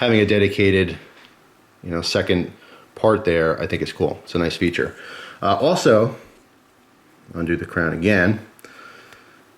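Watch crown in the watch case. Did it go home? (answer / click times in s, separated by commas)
released / 8.6 s, 9.1 s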